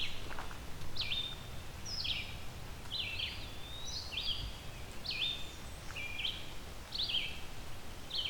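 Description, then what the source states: Red-eyed Vireo singing short, slurred whistled phrases, some rising and some falling, repeated about once a second over background noise. Song loud enough to overpower other birds nearby.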